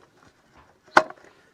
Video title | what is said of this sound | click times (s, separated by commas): RIDGEMONKEY Cooking an omelette outdoors | and then that locks into place we're going to be cooking later | 1.0 s